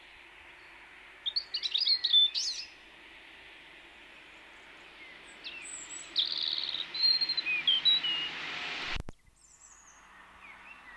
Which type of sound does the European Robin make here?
song